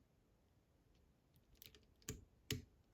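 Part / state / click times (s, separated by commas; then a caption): key control pin in a lock cylinder / seated / 2.5 s. A pick pushes the key control pin at the back of the keyway of a Fichet F3D high-security outside lock cylinder while it is being picked. A few faint metallic taps and scrapes at about 1.6, 1.8 and 2.1 seconds lead to a sharp little click at 2.5 seconds, as the pin clicks back and moves slightly toward the back.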